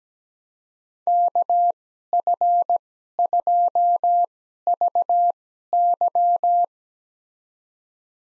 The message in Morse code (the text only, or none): KF2VY